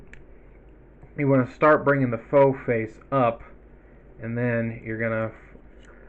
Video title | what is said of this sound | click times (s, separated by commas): MPG rat trap review | want to make sure that you keep an eye on it as you push it in so you don't actually accidentally catch it, but it'll snap into place like so. | 0.1 s